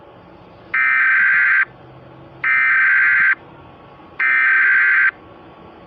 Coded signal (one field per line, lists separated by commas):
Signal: Emergency Alert System (SAME) tones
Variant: header bursts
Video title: EAS Scenario: Astroids bitch!